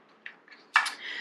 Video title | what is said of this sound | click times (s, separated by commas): Ruby HD Video Magnifier | so you pull the handle out until it clicks and you can hold it | 0.8 s